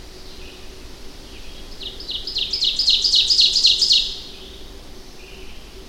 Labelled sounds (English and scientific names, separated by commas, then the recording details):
Ovenbird (Seiurus aurocapilla) song
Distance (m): 10 m
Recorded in boreal forest in Alberta, Canada, on 25 June 2016 at 08:44
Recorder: SongMeter 3, array SBT-6-76
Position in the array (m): 32 m, 109 m
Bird 2